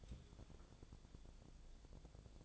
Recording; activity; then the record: daily activity, microphone in the room; take from stove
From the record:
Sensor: 5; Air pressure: 1000.2 hPa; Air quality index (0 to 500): 92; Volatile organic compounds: 1 ppm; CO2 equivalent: 754 ppm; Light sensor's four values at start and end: 283/664/289/323 and 282/660/287/321